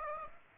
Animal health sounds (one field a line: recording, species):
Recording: mosquito wingbeat signal from an infrared sensor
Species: Aedes aegypti